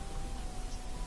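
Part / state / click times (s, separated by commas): wiring harness connector into washer component / not seated / none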